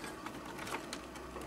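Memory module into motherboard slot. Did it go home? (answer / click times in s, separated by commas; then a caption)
no / none. A desktop memory module is handled at a motherboard DIMM slot, with faint scraping and light handling noise over a steady low hum. The stick has not been pushed home, and nothing has seated or clicked yet.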